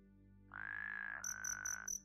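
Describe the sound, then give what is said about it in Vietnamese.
Frogs and toads, including banded bullfrogs, call on a cold, damp, dewy night: a steady, droning croak holds for over a second while a higher, pulsing chirp repeats about four times, all over a low background hum. “Càng về đêm sương càng xuống nhiều, không khí ngày càng lạnh và ẩm ướt, tiếng ếch nhái ênh ương cứ kêu lên não nề ruột gan.”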